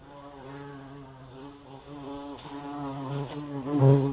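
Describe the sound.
Bee buzzing, a steady low drone with layered harmonics that wavers slightly in pitch and swells louder near the end.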